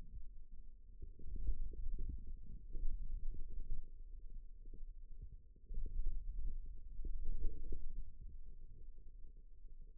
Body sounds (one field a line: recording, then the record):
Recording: forearm muscle sounds (acoustic myography)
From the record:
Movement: wrist flexion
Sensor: system 2, bracelet of six BSWA MPA416 microphones around the upper forearm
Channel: 4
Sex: male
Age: 22 years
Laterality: right